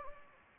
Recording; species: mosquito wingbeat signal from an infrared sensor; Anopheles gambiae